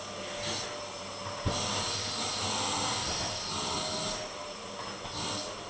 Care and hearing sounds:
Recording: daily activity, microphone in the room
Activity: vacuum cleaning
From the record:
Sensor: 4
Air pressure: 1010.4 hPa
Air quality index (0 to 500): 179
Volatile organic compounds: 5 ppm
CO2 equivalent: 1813 ppm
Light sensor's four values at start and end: 29/86/34/34 and 31/92/36/36

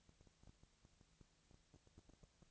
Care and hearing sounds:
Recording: daily activity, microphone in the room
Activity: no activity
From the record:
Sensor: 3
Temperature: 20.4 degrees Celsius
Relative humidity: 34.4%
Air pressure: 997.0 hPa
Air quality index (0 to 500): 205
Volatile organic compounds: 68 ppm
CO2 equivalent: 3503 ppm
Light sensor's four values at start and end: 2/3/2/2 and 2/3/2/2

